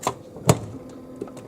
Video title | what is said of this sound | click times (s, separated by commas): Frigidaire Pure Source Ultra ULTRAWF Refrigerator Water Filter installation | you hear that pop you heard that clunk honk and some water is coming off of there | 0.5 s